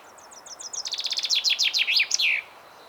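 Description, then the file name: Common chaffinch singing one phrase, a run of clear high repeated notes falling in pitch and ending in a downward flourish, with soft steady background noise. "Fringilla coelebs"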